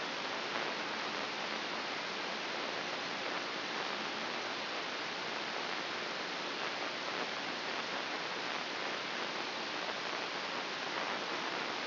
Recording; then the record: brain microelectrode recording played as sound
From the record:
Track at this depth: inside the subthalamic nucleus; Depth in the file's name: 3.824 mm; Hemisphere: left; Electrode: 3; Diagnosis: Parkinson's disease